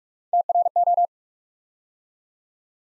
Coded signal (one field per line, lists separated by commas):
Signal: Morse code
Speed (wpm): 44 wpm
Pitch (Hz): 700 Hz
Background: none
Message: TRO